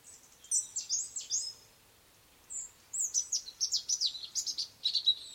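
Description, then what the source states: Songbird singing rapid, high, sweeping chirps in two busy bursts, the second longer and denser after a brief silent gap. Sweet birdsong outside a window.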